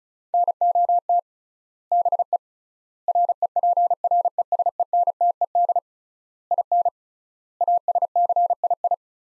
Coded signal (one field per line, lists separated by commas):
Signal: Morse code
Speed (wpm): 36 wpm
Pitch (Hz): 700 Hz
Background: none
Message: NOT BE REPRESENTED IN ASCII